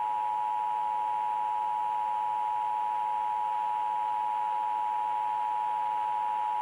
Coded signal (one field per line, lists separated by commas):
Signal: Emergency Alert System (SAME) tones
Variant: 853 and 960 Hz attention tone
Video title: CORRUPTED MINDS (EAS Scenario / Analog Horror)